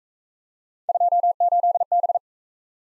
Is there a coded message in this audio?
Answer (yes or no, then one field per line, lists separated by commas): yes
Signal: Morse code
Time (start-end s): 0.9-2.2 s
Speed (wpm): 41 wpm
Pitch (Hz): 700 Hz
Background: none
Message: 28B